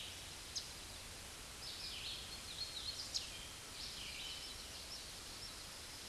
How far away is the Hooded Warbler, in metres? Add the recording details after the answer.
about 65 m. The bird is about 15 m above the microphone. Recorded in a Pennsylvania forest on 16 May 2024 at 07:07. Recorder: AudioMoth, point MSD-2201. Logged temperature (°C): 15.5 °C. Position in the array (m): 149 m, 117 m